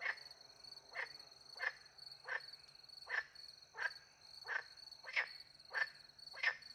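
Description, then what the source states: Frog croaks repeated regularly, about ten short rasping notes spaced under a second apart, against constant high-pitched cricket song. Countryside by night beside a little pond in France, with crickets; microphones hidden in a tree near the pond; two Usi Pro microphones recorded into a MixPre-10 II.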